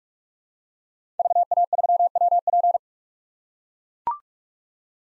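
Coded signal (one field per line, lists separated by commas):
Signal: Morse code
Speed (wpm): 42 wpm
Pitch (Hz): 700 Hz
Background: none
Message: VA3WP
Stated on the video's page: Morse head-copy drill of common POTA activator call signs at 45 wpm.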